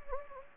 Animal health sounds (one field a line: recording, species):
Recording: mosquito wingbeat signal from an infrared sensor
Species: Anopheles gambiae